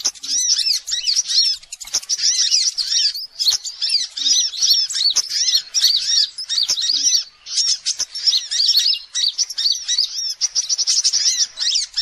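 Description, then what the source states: Little Spiderhunter singing a dense, high-pitched run of rapid slurred notes and chattering twitters, nearly unbroken with only short pauses. Masteran song, used for training other songbirds.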